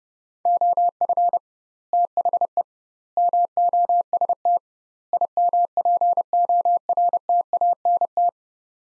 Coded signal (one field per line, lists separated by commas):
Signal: Morse code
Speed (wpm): 30 wpm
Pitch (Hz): 700 Hz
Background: none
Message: OF THE MOST IMPORTANT